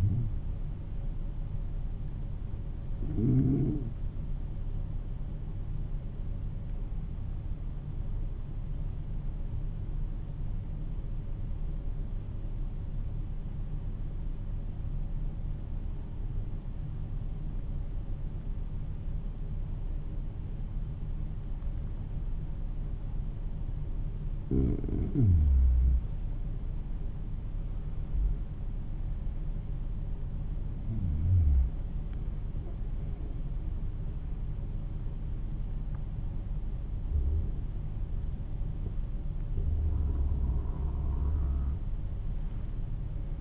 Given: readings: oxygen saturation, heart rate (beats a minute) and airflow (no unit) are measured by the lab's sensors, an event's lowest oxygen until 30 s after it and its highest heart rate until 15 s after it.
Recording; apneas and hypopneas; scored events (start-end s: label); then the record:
breathing in sleep by a smartphone at the bedside; 1
9.00-29.70 s: hypopnea (N1, oxygen 96% highest, then 91% lowest, heart rate 51 at the start, 59 highest)
From the record:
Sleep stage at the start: N1 (lightest sleep); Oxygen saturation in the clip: 92 to 96%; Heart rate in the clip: 50 to 59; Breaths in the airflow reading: 6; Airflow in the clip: -12.8 to 13.6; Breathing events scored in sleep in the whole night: 388 in 6.5 hours asleep